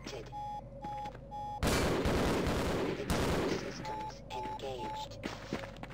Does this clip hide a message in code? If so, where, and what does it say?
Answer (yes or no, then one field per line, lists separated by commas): no